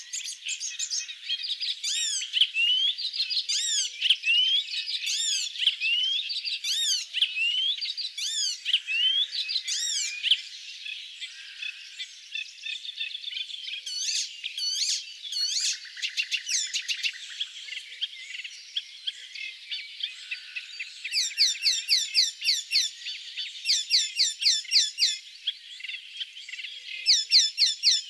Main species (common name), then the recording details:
Icterine Warbler. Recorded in the wild. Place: Flögelner See, Schleswig-Holstein, DE. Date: 2007-06-05. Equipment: MiniDisc Sharp MT 20 H. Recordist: Schwarz, Dieter. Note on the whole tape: Song